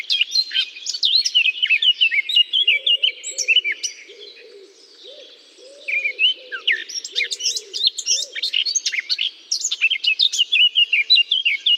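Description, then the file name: Eurasian blackcap warbling in quick, varied phrases with a short gap in the middle, while a soft, low sound repeats underneath. Singing in holly. "chant de fauvette a tete noire dans houx"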